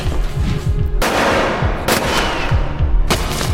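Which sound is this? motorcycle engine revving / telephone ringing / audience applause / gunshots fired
gunshots fired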